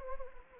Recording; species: mosquito wingbeat signal from an infrared sensor; Anopheles gambiae